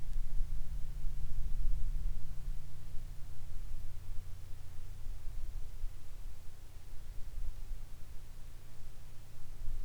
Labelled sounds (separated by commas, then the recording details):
near silence
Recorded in the Arctic National Wildlife Refuge, Alaska, on 22 July 2019 at 16:24
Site 41